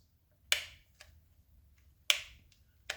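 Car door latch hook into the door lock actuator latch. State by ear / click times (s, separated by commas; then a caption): seated / 0.5 s, 2.1 s. A car door latch hook is pushed by hand into a door lock actuator latch removed from a 2nd-gen 2009–2013 Mazda 3 (BL). Two distinct clicks sound at 0.5 s and 2.1 s, the half-latch and then the full latch, with fainter ticks at 1.0 s, 2.5 s and 2.9 s. The latch catches fully and locks.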